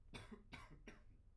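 Three short, sharp cough bursts in quick succession, roughly a third of a second apart, each with an abrupt noisy onset and a brief voiced tail. A plain adult cough in a quiet room.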